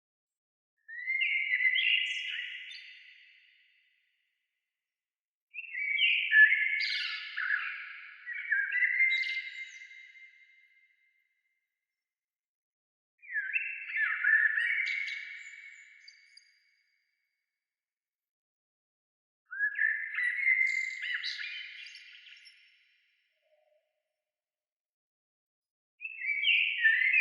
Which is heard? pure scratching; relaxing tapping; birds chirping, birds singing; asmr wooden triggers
birds chirping, birds singing